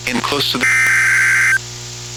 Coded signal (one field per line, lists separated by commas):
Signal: Emergency Alert System (SAME) tones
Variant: header bursts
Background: speech